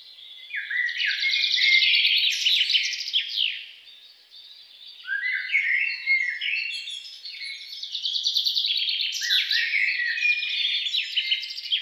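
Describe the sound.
Songbird pouring out long, lively strings of rapid chirps and warbled notes in three loud bursts separated by brief lulls.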